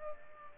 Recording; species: mosquito wingbeat signal from an infrared sensor; Aedes aegypti